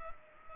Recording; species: mosquito wingbeat signal from an infrared sensor; Culex pipiens